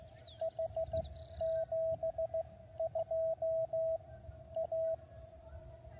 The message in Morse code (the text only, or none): H 72 A